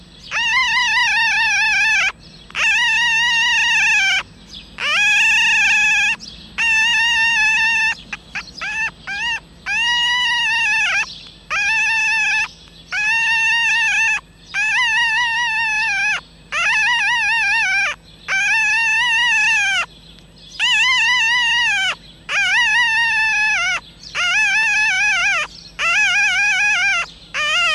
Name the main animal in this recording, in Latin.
Vulpes vulpes